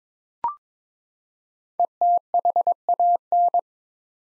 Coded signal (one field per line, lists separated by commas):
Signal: Morse code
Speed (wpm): 22 wpm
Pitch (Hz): 700 Hz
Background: none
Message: ETHAN